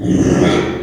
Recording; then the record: squeal of a Yucatan mini pig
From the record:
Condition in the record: after surgery on the right vocal fold (resection and tissue-engineered implant); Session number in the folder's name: 3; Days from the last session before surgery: 33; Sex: male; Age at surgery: 12 weeks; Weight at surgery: 13 kg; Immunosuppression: cyclosporine, prednisolone